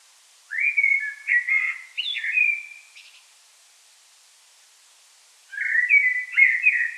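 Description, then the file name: Common blackbird with two mellow warbled phrases separated by a pause, the first ending in a thin high flourish. "Turdus merula"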